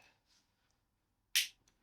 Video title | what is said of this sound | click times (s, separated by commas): Triumph Scrambler 1200 valve adjustment | That one's clicked. | 1.4 s